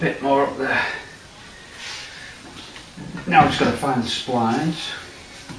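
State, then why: Not seated. A rear axle half shaft on a Mk3 Ford Cortina is worked by hand into the differential side gear splines while someone talks, with quieter handling noise between the speech. The clip ends before the shaft goes home, and nothing has seated or clicked yet.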